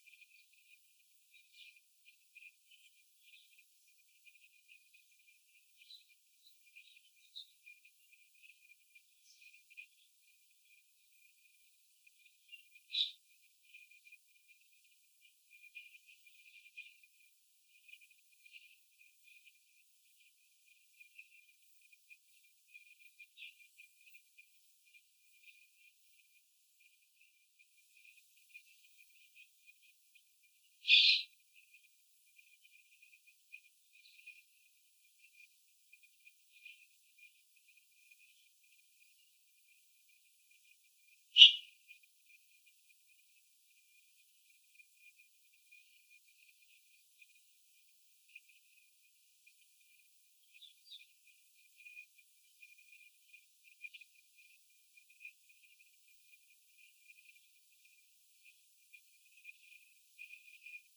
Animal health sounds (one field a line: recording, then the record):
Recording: young laying hens in a cage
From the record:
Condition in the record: before the stressor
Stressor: sudden umbrella opening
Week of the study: 3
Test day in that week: 2